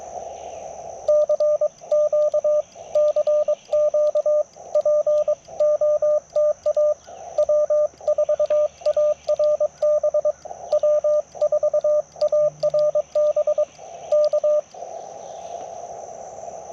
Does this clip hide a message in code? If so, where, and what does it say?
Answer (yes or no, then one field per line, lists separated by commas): yes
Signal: Morse code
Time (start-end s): 1.1-14.6 s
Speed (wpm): 22 wpm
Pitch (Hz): 600 Hz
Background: radio noise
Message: CQ CQ POTA W4ARB W4ARB K